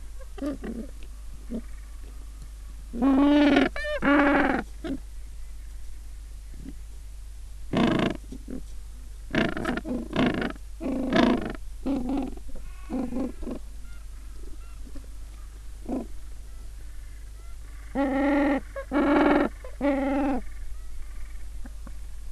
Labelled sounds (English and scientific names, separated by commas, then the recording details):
Gentoo Penguin (Pygoscelis papua)
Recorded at the colony at Booth Island, Antarctica, on 21 December 2014
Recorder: Song Meter SM2+